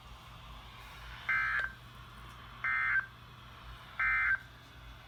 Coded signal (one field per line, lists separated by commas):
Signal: Emergency Alert System (SAME) tones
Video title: Marginal risk from 7/1/20 EAS# 109-118